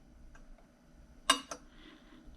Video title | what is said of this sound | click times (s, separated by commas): Chain and Cover Threading | did you hear that click in and then it will just go down this threading path | 1.3 s